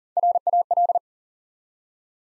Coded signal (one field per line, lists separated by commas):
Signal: Morse code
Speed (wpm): 40 wpm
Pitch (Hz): 700 Hz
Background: none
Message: RAL